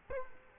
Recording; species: mosquito wingbeat signal from an infrared sensor; Culex quinquefasciatus